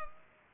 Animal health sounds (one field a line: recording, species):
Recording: mosquito wingbeat signal from an infrared sensor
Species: Culex pipiens